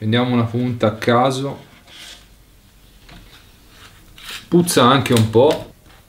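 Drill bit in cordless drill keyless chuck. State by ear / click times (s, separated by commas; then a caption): not seated / none. Someone talks while handling a random drill bit at the keyless chuck of a cordless drill-driver, with faint rubbing and scraping sounds between the speech. Nothing has seated or clicked yet; the clip ends before the chuck sleeve is twisted until its ratchet clicks tight on the bit.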